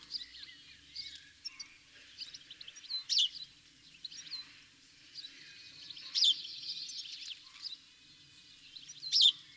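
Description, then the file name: House sparrow chirps, short bright notes in loose bursts, with louder clusters about every three seconds. "Passer domesticus"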